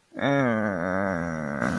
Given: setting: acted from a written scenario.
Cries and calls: vocal sound without words; guilt

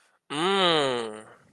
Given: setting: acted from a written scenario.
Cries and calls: vocal sound without words; desire

